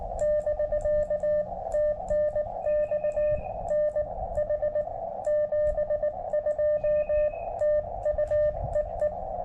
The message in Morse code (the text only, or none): <BK> TNX NH 72 TU EE